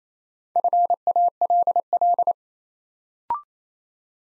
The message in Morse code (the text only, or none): FALL